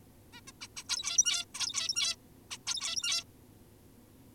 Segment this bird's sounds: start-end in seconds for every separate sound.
0.33-0.41, 0.48-0.52, 0.61-0.68, 0.77-0.84, 0.89-1.45, 1.55-2.16, 2.51-2.58, 2.66-3.24